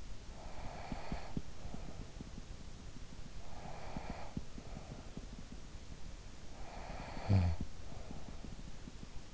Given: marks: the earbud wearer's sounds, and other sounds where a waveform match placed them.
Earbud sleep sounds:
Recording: sounds in sleep by an in-ear microphone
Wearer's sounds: breath, snoring breath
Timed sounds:
0.00-2.91 s: breath
3.14-6.00 s: breath
6.32-8.91 s: snoring breath

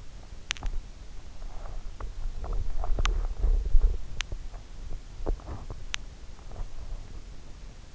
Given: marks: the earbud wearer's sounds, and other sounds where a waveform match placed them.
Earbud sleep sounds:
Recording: sounds in sleep by an in-ear microphone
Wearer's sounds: swallowing, teeth grinding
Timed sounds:
0.51-1.09 s: swallowing
1.44-5.30 s: teeth grinding
5.30-6.80 s: swallowing

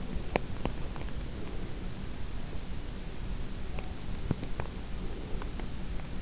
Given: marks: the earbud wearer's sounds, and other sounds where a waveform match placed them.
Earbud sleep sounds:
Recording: sounds in sleep by an in-ear microphone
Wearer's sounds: teeth grinding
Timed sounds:
0.26-1.10 s: teeth grinding
3.64-5.67 s: teeth grinding

